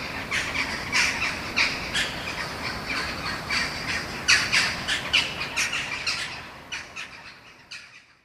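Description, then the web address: Eurasian jackdaw calls, sharp clipped squawks repeated at an uneven pace, roughly one or two each second, fading away toward the end. "wroblowe ptaki kawki"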